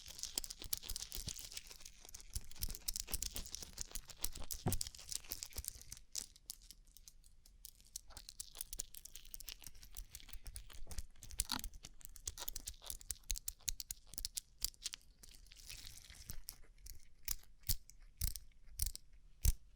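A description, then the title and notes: Tapping on a rhinestone-covered surface, a fast, crackly patter of bright clicks, dense early on, then sparser with sharper, louder taps. ASMR Rhinestone Covered Tapping 3Dio (No Talking).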